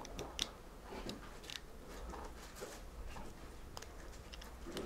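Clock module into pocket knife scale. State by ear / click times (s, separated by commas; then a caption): seated / 0.4 s. A plastic clock module, taken out for battery replacement, is pushed back into the side scale of a Victorinox pocket knife. It seats with a sharp snap at 0.4 s, and fainter small clicks and handling taps follow.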